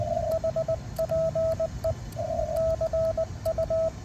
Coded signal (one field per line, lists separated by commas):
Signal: Morse code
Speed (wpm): 20 wpm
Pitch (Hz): 1300 Hz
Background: radio noise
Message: HPE CU